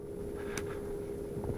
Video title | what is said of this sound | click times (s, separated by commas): How to fix and replace HSP Nitro RC truck steering arm - Part 2.mp4 | There we go. Hear that click. | 0.6 s